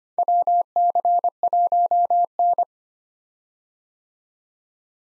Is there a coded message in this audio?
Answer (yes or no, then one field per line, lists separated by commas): yes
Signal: Morse code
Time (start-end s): 0.2-2.6 s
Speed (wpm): 25 wpm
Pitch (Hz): 700 Hz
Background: none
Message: WC1N